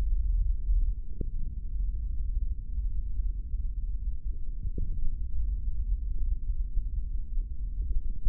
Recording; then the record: forearm muscle sounds (acoustic myography)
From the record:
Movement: index flexion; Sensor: system 3, bracelet of six PUI Audio POM-2738L microphones around the upper forearm, with dedicated amplification and filtering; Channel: 2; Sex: male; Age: 25 years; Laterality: right